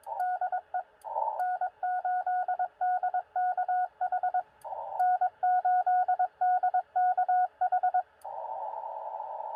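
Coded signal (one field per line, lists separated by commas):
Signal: Morse code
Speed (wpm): 22 wpm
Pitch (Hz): 730 Hz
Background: radio noise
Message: DE N8DKH N8DKH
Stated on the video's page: Sent with a bug on a QRP POTA park activation using a ham stick antenna and battery power.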